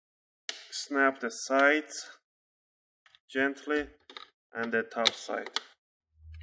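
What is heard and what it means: Someone talks while handling the plastic palmrest/top cover of an HP g4 1250La laptop, which is being pressed down along the sides and top so its plastic clips snap into the base chassis. A few faint, short sounds occur between the speech, but nothing has seated or clicked yet.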